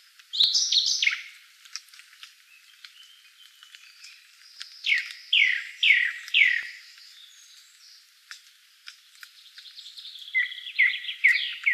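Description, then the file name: Song thrush singing varied high phrases, including one clear downslurred phrase repeated four times in a row, with thin scratchy notes between. Recorded 12 June 2013. "12 06 2013 Singdrossel"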